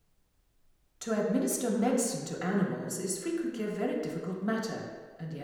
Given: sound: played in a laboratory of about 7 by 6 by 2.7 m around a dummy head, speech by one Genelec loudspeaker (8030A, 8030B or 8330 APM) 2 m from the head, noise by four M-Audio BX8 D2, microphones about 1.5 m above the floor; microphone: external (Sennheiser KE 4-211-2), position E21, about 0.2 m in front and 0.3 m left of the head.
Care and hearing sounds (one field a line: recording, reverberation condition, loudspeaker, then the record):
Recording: female speech in English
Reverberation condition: high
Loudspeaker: 30 degrees to the left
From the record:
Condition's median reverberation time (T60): about 1300 ms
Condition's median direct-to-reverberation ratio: about -4.0 dB